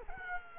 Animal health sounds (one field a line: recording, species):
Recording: mosquito wingbeat signal from an infrared sensor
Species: Culex quinquefasciatus